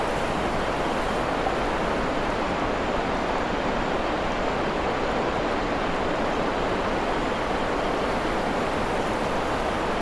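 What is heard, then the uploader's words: Water flows ceaselessly in a thick, even rush that never lets up across the ten seconds. The sound is dense and steady, weighted toward a full low-to-middle roar with a softer hiss above, and no separate events break through. Waterfall in a Forest Clearing. This one we recorded is in Wales.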